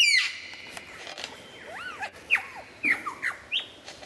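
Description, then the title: White-rumped shama giving a short series of soft arched whistles and chips over a faint hiss of background noise. Described as the best murai batu of 2014, used for mastering (song training). "mster Mnuk. Mastering Murai Batu Terbaik 2014"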